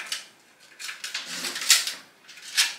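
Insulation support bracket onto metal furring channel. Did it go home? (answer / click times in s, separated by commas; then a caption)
no / none. A second plastic insulation support, with two small grooves meant to clip onto the rail, is handled against a metal furring channel. Short, sharp knocks land at about 0.1, 1.0, 1.2 and 1.7 s, the loudest at 1.7 s, with lighter rustling between them and another burst near 2.6 s. Nothing has seated or clicked onto the rail yet.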